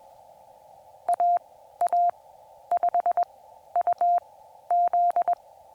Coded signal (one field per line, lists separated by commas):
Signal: Morse code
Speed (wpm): 21 wpm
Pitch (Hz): 700 Hz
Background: none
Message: A A 5 U Z